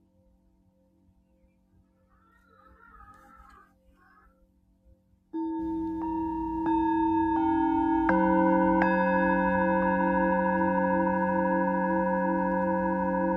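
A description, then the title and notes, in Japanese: Singing bowls for sound healing. The first five seconds are nearly silent apart from a low hum and a faint, soft chirping around the third second. Then bowls are struck in quick succession from about 5 to 9 seconds, building into a loud, layered ringing that sustains to the end. メキシコから シンギングボウルのサウンドヒーリング ライブ。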